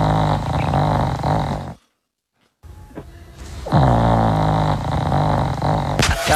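Two loud bouts of low, rattling snoring are separated by a brief silent pause. Each bout has a rapid fluttering vibration, like a spinning prize wheel.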